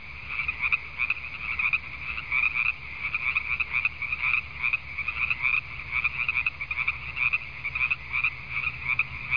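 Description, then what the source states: Frogs calling in a dense, unbroken chorus of rapid pulsing croaks that overlap into a steady trilling throb, with no other sounds standing out. Island frogs.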